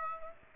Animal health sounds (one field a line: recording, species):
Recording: mosquito wingbeat signal from an infrared sensor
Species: Aedes aegypti